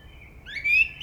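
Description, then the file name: Common blackbird: a short, rising fluted note that sweeps up into a thin, high squeak. "Turdus merula"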